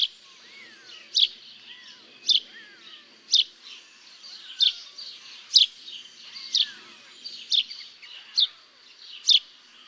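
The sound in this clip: House sparrow chirps, sharp single notes repeated roughly once a second, with fainter downslurred notes beneath.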